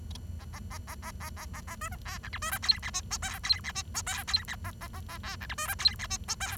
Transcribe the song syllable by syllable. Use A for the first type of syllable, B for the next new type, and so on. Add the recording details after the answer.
A A A A A A A A A B C D E F B C G H I J K G H I J K G H A A A A D E F B C G H I J K. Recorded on 23 June 2012 at 08:21. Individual gr41rd51